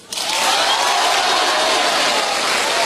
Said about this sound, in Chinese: 人家刚才那演员在上的时候，你们跟那儿都夸夸鼓掌，又鼓掌又喊好，又打雷又打闪，怎么我一上来晴天了？